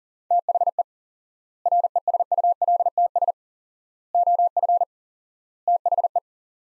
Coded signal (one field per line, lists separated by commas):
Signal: Morse code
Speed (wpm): 40 wpm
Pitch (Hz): 700 Hz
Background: none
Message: THE RESULTS OF THE